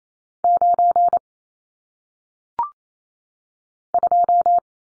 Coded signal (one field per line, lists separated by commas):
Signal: Morse code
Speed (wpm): 28 wpm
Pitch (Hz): 700 Hz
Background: none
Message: 9 2